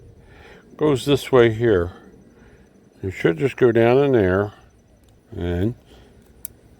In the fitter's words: it clicked I didn't hear it but it clicked